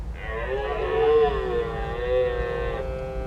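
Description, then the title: Red deer giving one sustained, wavering bellow lasting nearly three seconds, steady and harmonic, against a low background hum. Rutting red deer stags bellowing in daytime, early in the season, in a marsh reserve near Béon, France; roads and a large rail marshalling yard nearby; Lom Usi Pro stereo AB microphones, Zoom F8 recorder. "Marais de Lavours -Béon, France - Brame diurne"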